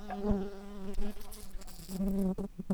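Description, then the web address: Common carder bee buzzing: a low, steady droning hum with rich harmonics that swells and fades, broken by brief clicks and knocks. Worker bees. "Pascuorum workers"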